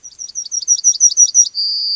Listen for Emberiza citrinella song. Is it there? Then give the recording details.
yes. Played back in grassland. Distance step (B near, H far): B. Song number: 147